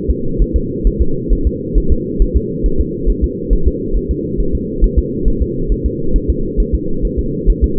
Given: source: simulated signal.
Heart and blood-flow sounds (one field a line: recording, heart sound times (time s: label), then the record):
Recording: fetal heart sounds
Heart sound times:
0.11 s: S2
0.42 s: S1
0.56 s: S2
0.87 s: S1
1.02 s: S2
1.33 s: S1
1.47 s: S2
1.78 s: S1
1.92 s: S2
2.22 s: S1
2.37 s: S2
2.66 s: S1
2.81 s: S2
3.10 s: S1
3.24 s: S2
3.53 s: S1
3.68 s: S2
3.97 s: S1
4.11 s: S2
4.40 s: S1
4.55 s: S2
4.84 s: S1
4.99 s: S2
5.28 s: S1
5.42 s: S2
5.72 s: S1
5.86 s: S2
6.16 s: S1
6.30 s: S2
6.60 s: S1
6.75 s: S2
7.05 s: S1
7.19 s: S2
7.50 s: S1
7.64 s: S2
From the record:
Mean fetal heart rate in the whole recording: 135 bpm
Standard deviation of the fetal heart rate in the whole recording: 3 bpm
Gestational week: 36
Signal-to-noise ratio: -8.1 dB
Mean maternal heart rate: 72 bpm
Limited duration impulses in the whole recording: present